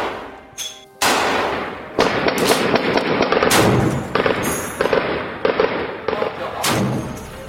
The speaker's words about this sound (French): Quelques rafales de mitraillettes, des explosions, rien de plus.